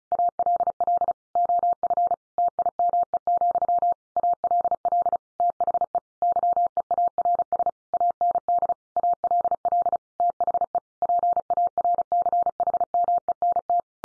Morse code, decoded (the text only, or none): ALL OF TIME, ALL THE YEARS AND ALL THE PARCHMENT